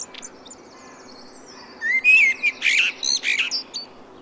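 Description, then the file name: Common blackbird song: one short phrase of fluty, slurred whistles followed by a burst of higher, squeaky twittering notes, with a steady low hum underneath. "Turdus merula"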